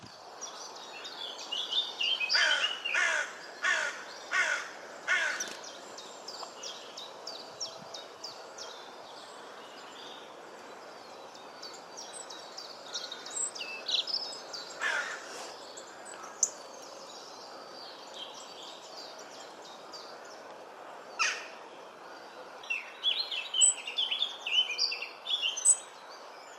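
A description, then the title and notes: Robins chirp and twitter in bright, quick phrases over a steady soft hiss. A run of sharp, repeated calls comes between about two and five seconds, single louder calls near fifteen and twenty-one seconds, and busier chattering picks up toward the end. Robin Birds Chirping.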